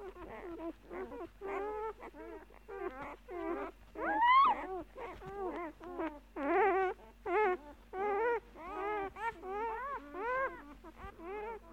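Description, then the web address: Dog whining continuously, a steady run of many short, arched, yelping cries, with one louder rising squeal. "animali cani cani dog"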